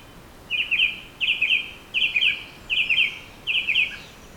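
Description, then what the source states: Bird song: a short, buzzy chattering phrase repeated five times, about every three-quarters of a second, steady in pitch. Birds singing in a forest.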